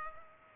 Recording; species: mosquito wingbeat signal from an infrared sensor; Culex pipiens